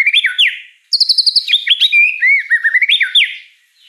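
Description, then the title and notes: White-rumped shama song: loud, varied whistles that swoop and slur, with rapid high trilled notes in between. Lure song (pancingan) of a prolific, chatty (gacor) bird with a rich repertoire of fill-in phrases (isian mewah). "Pancingan Gacor Murai Batu Bongkar Isian Mewah. Audio Murai Batu Dongfeng"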